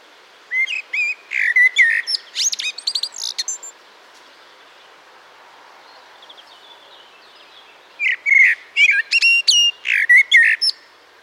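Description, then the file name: Common blackbird song: two phrases, each a run of squeaky, chattering high notes mixed with short whistles, separated by a quiet pause of about four seconds. "Turdus merula"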